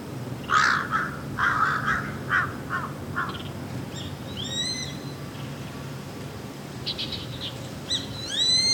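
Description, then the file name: Grey-faced buzzard: a series of harsh, noisy notes, then two arched whistled calls later, the last cut off, over low background noise. "sashiba"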